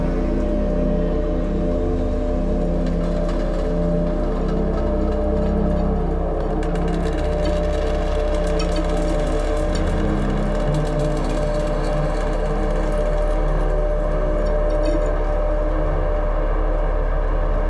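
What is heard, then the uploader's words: A dense, steady drone of low hums and ringing tones made from beach plastic, with brighter rattling and clicking textures thickening after six seconds. This podcast provides a journey through an ocean soundscape of the future, with all sounds created from plastic objects found on a beach.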